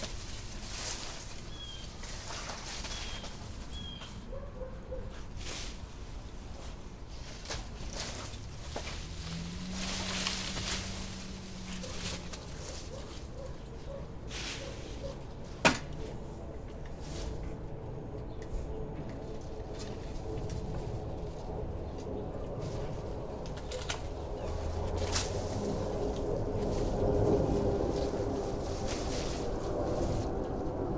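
Small apple trees being cut down: irregular snaps and rustling branches, one sharp crack near sixteen seconds, a low rumble swelling late.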